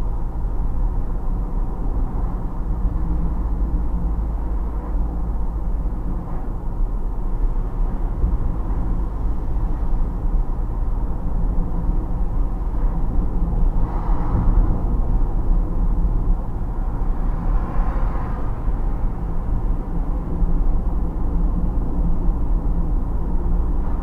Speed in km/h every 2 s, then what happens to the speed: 57, 59, 57, 55, 57, 59, 57, 59, 59, 59, 59, 62.
0-24 steady at about 59.